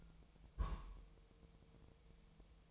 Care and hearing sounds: daily activity, microphone in the room; place on stove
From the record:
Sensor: 1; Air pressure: 999.2 hPa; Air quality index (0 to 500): 200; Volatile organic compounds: 42 ppm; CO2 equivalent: 3174 ppm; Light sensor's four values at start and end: 9/22/8/9 and 9/22/8/9

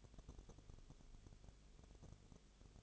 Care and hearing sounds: daily activity, microphone in the room; no activity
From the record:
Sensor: 4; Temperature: 22.0 degrees Celsius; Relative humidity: 29.5%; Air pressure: 1002.1 hPa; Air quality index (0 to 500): 59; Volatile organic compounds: 1 ppm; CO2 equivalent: 609 ppm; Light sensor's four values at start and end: 2/3/1/1 and 2/3/1/1

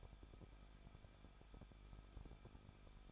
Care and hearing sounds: daily activity, microphone in the room; no activity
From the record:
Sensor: 5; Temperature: 20.8 degrees Celsius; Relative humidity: 38.2%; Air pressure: 1006.6 hPa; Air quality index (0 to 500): 186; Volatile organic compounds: 18 ppm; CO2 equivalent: 2608 ppm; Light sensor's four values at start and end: 2/3/1/1 and 2/3/1/1

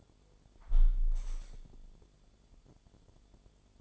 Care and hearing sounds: daily activity, microphone in the room; close window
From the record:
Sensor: 5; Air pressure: 1015.0 hPa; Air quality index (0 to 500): 104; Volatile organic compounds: 2 ppm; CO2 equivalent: 1112 ppm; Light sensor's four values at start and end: 35/81/33/31 and 35/81/33/31

